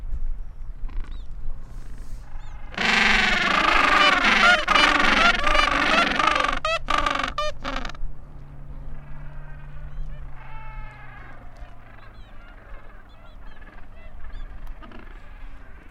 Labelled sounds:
Gentoo Penguin call

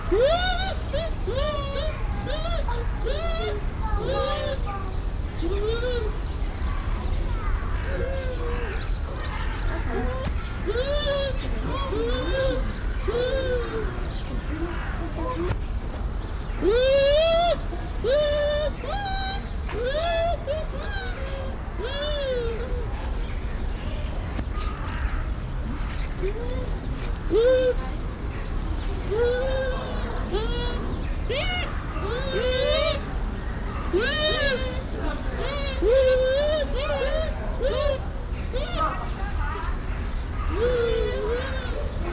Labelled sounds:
Bush Dog

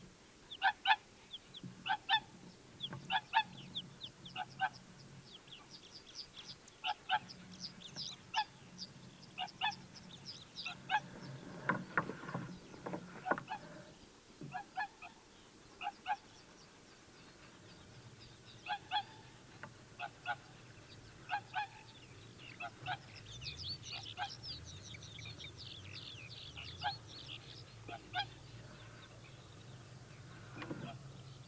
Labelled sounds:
Whooper Swan call

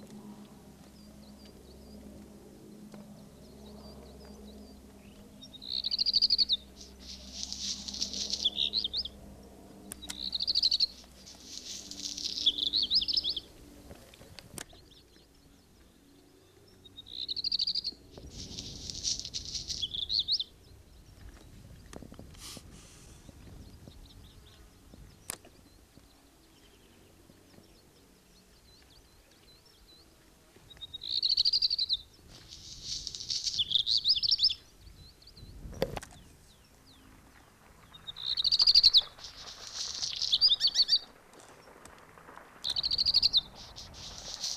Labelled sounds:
Black Redstart song

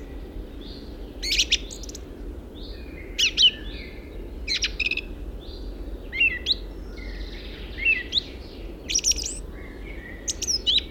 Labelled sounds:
Song Thrush song

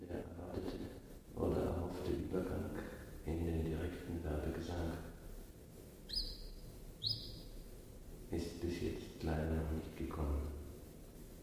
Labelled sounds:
Common Chiffchaff song

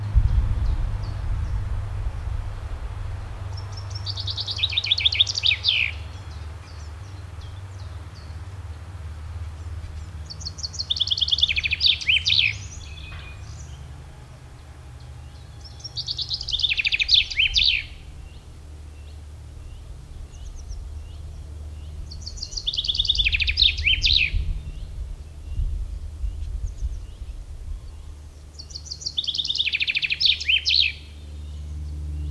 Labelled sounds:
Common Chaffinch song

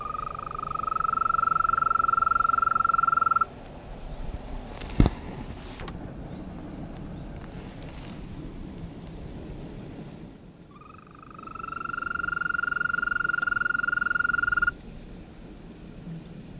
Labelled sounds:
Green Toad call

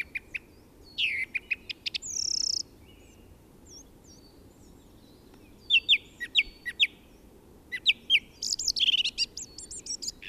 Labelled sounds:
Song Thrush song

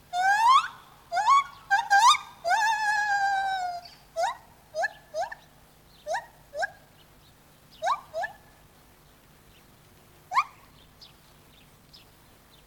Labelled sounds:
Lar Gibbon

